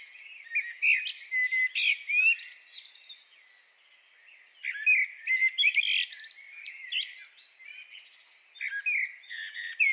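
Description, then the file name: Common blackbird song of high twittering, squeaky phrases in two main bursts separated by a quieter gap around the middle. "Turdus merula"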